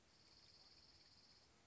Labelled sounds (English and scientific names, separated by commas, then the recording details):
Dark-eyed Junco (Junco hyemalis)
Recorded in Sonoma County, California